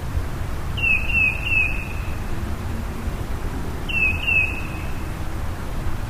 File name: baeolophus bicolor